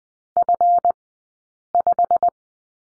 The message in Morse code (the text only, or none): F5